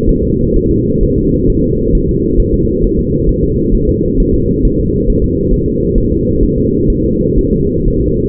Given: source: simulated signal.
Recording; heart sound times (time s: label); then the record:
fetal heart sounds
0.09 s: S1
0.23 s: S2
0.56 s: S1
0.71 s: S2
1.03 s: S1
1.18 s: S2
1.50 s: S1
1.64 s: S2
1.95 s: S1
2.09 s: S2
2.40 s: S1
2.54 s: S2
2.84 s: S1
2.99 s: S2
3.29 s: S1
3.44 s: S2
3.75 s: S1
3.89 s: S2
4.20 s: S1
4.34 s: S2
4.65 s: S1
4.80 s: S2
5.10 s: S1
5.24 s: S2
5.54 s: S1
5.68 s: S2
5.98 s: S1
6.12 s: S2
6.43 s: S1
6.58 s: S2
6.90 s: S1
7.05 s: S2
7.39 s: S1
7.53 s: S2
7.88 s: S1
8.02 s: S2
From the record:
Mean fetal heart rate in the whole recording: 130 bpm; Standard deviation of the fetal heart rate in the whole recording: 4 bpm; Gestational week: 38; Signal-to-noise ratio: -10.2 dB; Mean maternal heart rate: 72 bpm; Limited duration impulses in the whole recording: present